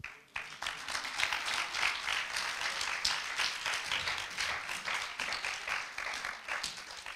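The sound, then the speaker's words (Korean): A church audience breaks into sustained applause during a sermon on prayer, a dense wash of many hands clapping at a steady, fairly loud level for several seconds with no voices on top. “박수칠 준비하세요.”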